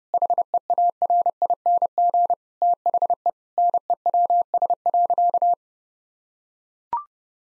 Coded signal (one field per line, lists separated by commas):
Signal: Morse code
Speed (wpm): 30 wpm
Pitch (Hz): 700 Hz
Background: none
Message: HEARING THE NEWS.